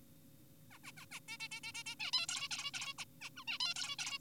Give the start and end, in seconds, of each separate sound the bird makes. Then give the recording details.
0.71-0.78, 0.84-0.92, 0.97-1.05, 1.12-1.20, 1.29-1.38, 1.40-1.48, 1.52-1.60, 1.64-1.72, 1.74-1.83, 1.86-1.95, 2.00-2.11, 2.13-2.26, 2.29-2.48, 2.51-2.71, 2.74-2.94, 2.98-3.05, 3.22-3.30, 3.37-3.44, 3.48-3.58, 3.60-3.74, 3.76-3.96, 3.99-4.18. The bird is an adult. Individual g4p5U